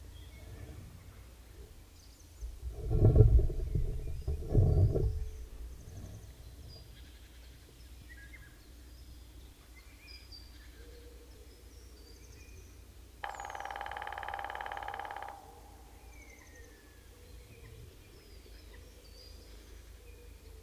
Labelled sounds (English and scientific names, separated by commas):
Grey-headed Woodpecker (Picus canus) drumming